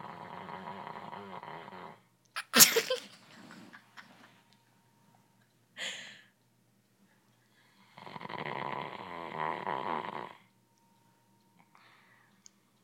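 Two long, rattling snores from a sleeping dog with a sharp snort between: loud, congested snoring from an upper respiratory infection being treated with antibiotics, a mucus-drying medicine, saline spray and a cough suppressant.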